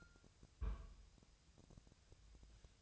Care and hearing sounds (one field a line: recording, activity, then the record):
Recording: daily activity, microphone in the room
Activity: place on stove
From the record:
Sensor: 2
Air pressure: 999.3 hPa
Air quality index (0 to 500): 196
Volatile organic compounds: 27 ppm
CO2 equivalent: 2893 ppm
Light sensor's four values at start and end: 6/15/6/6 and 6/15/6/6